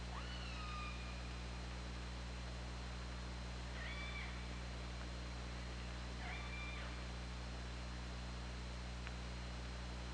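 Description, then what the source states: Orca calls: three harmonic calls, each a quick upward sweep into a flat tone, a few seconds apart, over constant background hiss and low hum. OrcaLab hydrophone, 24 August 2017, 21:30:39.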